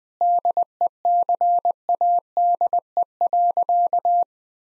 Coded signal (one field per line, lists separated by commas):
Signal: Morse code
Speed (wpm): 20 wpm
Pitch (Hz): 700 Hz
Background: none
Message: DECADE.